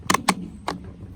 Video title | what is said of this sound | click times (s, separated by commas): DeWalt 20v Chainsaw 18" BIGGER Cutting Blade For DeWalt 12" 16" Cordless Chainsaws Bar & Chain MOD | Tighten it until it clicks. | 0.1 s, 0.3 s, 0.7 s